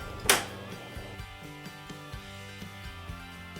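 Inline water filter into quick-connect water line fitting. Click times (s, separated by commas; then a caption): 0.3 s. A new Aqua Crest/Watts inline fridge water filter is lined up and pushed into its quick-connect water line fitting, with background music playing. A single sharp click sounds at 0.3 s as the filter seats in the fitting.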